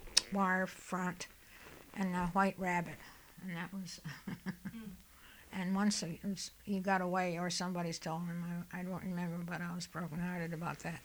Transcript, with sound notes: wire front and a white rabbit. And that was... (she laughs)
Hmm.
And once he got away or somebody stole him. I don't remember, but I was broken hearted about that.